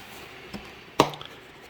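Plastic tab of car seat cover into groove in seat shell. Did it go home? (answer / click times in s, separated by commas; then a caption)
yes / 1.0 s. A hard plastic tab on the fabric seat cover of a Doona Max car seat is pushed into a groove in the seat shell while the cover is being replaced. After a faint tap at about 0.5 s, a sharp click at 1.0 s marks the tab seating in place, followed by two small ticks at 1.1 and 1.2 s. The tab is confirmed seated.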